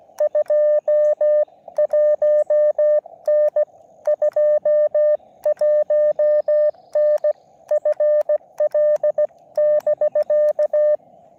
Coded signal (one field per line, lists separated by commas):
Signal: Morse code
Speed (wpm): 16 wpm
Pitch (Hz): 600 Hz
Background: radio noise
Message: 21N 21N FL <BK>